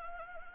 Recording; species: mosquito wingbeat signal from an infrared sensor; Anopheles arabiensis